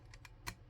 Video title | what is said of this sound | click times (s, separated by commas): Transformers Studio Series The Movie 86 Thundercracker Review | Click. Now, this is all good and sturdy, right? | 0.5 s